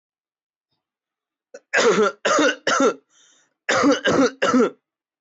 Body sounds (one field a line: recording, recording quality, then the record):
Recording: heavy voluntary cough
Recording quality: excellent, no background noise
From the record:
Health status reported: healthy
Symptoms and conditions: none ticked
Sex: male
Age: 23 years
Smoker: yes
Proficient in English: yes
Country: India